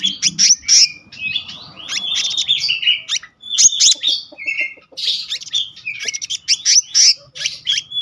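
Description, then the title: Selendang biru songbird delivering a rapid, busy song of high chirps, slurred whistles and buzzy notes in quick bursts with brief pauses. Continuous rolling song style called gacor ngeroll, with varied filler notes (isian). "BURUNG SELENDANG BIRU GACOR NGEROLL ISIAN"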